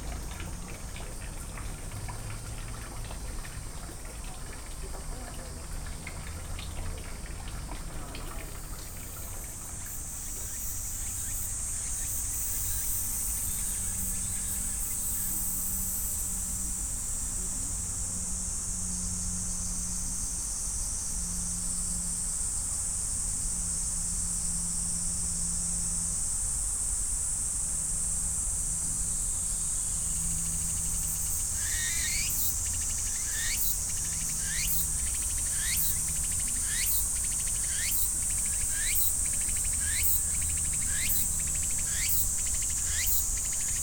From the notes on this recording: field recordings I made in Kyoto Japan